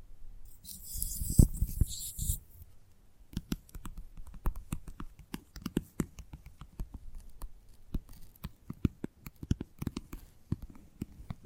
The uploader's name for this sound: ASMR Gentle Tapping